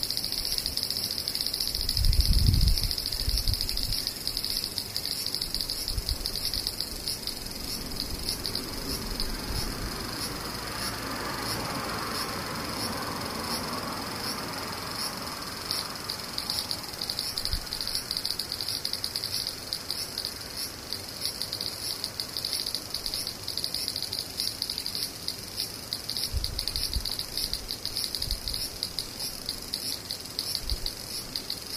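Cicadas buzz without a break, a bright, dense drone with fine rapid pulsing. A soft wash swells through the middle around 10 to 17 seconds. Low thumps or bumps come early near 2 seconds and again around 26 seconds.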